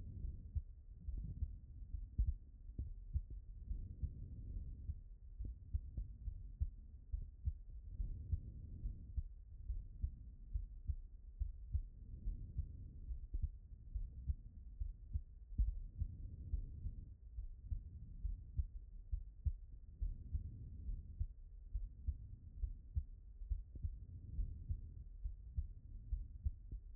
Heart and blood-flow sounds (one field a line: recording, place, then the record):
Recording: heart sounds by stethoscope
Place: pulmonary valve (PV)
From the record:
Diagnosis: non-HFrEF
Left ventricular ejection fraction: 61%